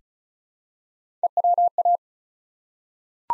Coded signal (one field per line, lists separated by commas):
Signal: Morse code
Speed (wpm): 36 wpm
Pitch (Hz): 700 Hz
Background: none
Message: EWA